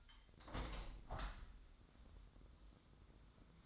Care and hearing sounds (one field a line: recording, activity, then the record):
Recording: daily activity, microphone in the room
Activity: open window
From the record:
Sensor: 3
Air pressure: 1006.7 hPa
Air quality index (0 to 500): 209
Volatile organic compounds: 19 ppm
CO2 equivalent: 2662 ppm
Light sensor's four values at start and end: 10/24/10/10 and 11/25/10/10